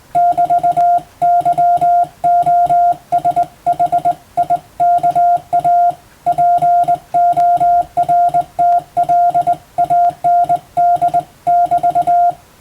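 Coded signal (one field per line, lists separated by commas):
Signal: Morse code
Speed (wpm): 20 wpm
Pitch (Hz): 700 Hz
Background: music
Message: <BT>YOSHIKA PORTLAND<BT>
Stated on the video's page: Morse code practice for a Japanese radiotelegraph exam, recorded on the air via amateur radio.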